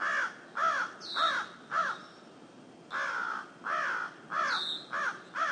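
Crow cawing repeatedly, harsh arched calls in two bursts with a brief pause between, and thin high squeaks mixed in twice.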